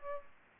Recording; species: mosquito wingbeat signal from an infrared sensor; Aedes albopictus